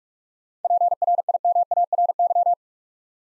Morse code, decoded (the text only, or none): PRIMARY